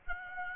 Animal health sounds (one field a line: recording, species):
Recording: mosquito wingbeat signal from an infrared sensor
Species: Aedes aegypti